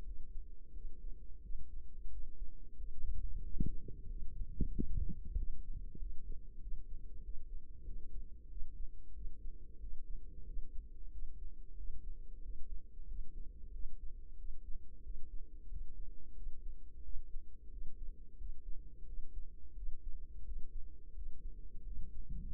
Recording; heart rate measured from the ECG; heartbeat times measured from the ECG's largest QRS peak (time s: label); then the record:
heart sounds by microphone in the right ear; 91 bpm
0.00 s: heartbeat
0.69 s: heartbeat
1.38 s: heartbeat
2.06 s: heartbeat
2.73 s: heartbeat
3.39 s: heartbeat
4.05 s: heartbeat
4.69 s: heartbeat
5.33 s: heartbeat
5.95 s: heartbeat
6.57 s: heartbeat
7.19 s: heartbeat
7.81 s: heartbeat
8.45 s: heartbeat
9.10 s: heartbeat
9.76 s: heartbeat
10.41 s: heartbeat
11.08 s: heartbeat
11.73 s: heartbeat
12.38 s: heartbeat
13.03 s: heartbeat
13.69 s: heartbeat
14.33 s: heartbeat
14.99 s: heartbeat
15.65 s: heartbeat
16.31 s: heartbeat
16.99 s: heartbeat
17.66 s: heartbeat
18.34 s: heartbeat
19.02 s: heartbeat
19.72 s: heartbeat
20.41 s: heartbeat
21.11 s: heartbeat
21.81 s: heartbeat
22.49 s: heartbeat
From the record:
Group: healthy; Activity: rest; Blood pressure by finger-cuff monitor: 125/78 mmHg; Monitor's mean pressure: 94 mmHg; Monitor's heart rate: 91 bpm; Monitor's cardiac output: 7.2 L/min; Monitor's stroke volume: 79 mL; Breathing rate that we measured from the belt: 22 breaths a minute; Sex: female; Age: 32 years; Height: 172 cm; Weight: 71.7 kg